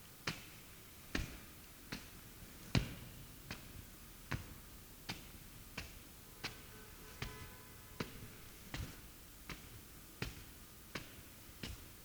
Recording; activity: daily activity, guitar pickup as the sensor; walk